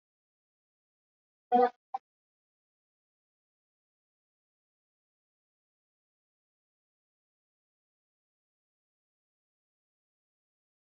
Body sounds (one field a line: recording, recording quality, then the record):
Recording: deep breathing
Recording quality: poor, much background noise or distortion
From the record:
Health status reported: COVID-19 positive, moderate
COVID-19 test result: positive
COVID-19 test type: RT-PCR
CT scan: not taken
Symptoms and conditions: cough, fever, fatigue, muscle pain, loss of smell and taste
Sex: female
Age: 34 years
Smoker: no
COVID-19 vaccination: both doses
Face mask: worn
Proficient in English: yes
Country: India